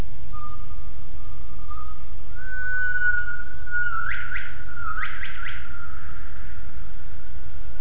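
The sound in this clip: Gibbon call: a long, steady whistled tone that steps slightly higher, then several quick upward swooping notes, all over a constant low rumble.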